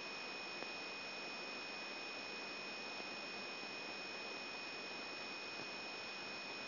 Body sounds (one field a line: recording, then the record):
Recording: brain microelectrode recording played as sound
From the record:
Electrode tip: outside the subthalamic nucleus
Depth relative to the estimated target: 1 mm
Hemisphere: right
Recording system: AlphaMap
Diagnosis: Parkinson's disease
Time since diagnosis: 14 years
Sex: male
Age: 66 years